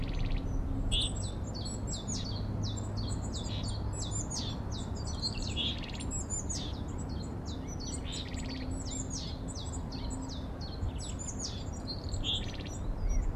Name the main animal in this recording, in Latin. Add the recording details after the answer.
Poecile montanus. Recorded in the wild. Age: adult. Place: Mirnock, Kärnten, AT. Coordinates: 46.758, 13.714. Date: 1967-04-15. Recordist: Brunner, Thomas